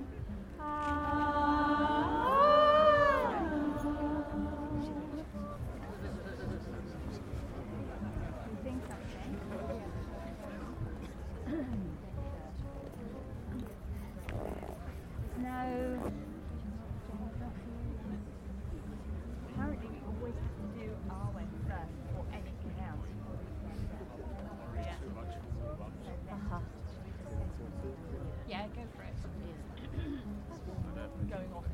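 A crowd gathers at the Stonehenge solstice. A loud, wavering horn-like tone rises and bends for the first five seconds, then fades into a steady murmur of many voices over a low rumble, with a short tonal call breaking through near fifteen seconds.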